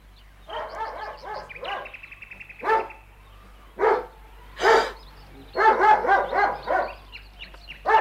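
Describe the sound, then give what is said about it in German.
A dog barks repeatedly, loud and sharp, in quick rapid-fire bursts broken by a few single spaced barks, with a brief thin whine between them and no voices. “Keine Angst, mein Kind. Mein Hund beißt dich nicht.”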